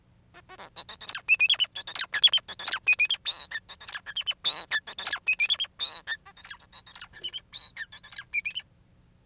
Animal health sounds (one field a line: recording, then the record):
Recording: song of a male Bengalese finch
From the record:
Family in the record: son of father 4